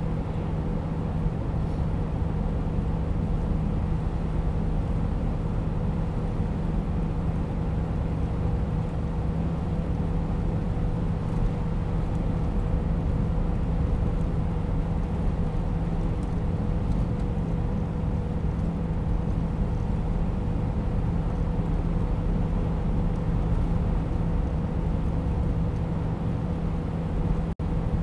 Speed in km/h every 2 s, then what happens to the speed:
90, 90, 90, 92, 91, 92, 92, 92, 93, 93, 93, 92, 93, 92.
0-28 steady at about 92.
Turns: none.